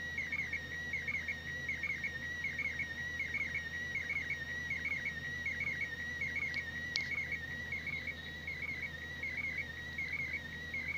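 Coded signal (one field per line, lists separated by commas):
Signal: SSTV (slow-scan television)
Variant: PD180 mode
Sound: continuous warbling whistle around 2 kHz with fast regular chirps repeating each line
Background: radio static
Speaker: on va voir ce que ça donne par contre au début je prévenir l'image est un peu tordu et offert mesure le logiciel veulent gérer et va leur remettre droit donc c'est parti alors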